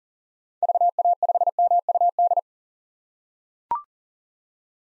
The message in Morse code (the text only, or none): VA5MUD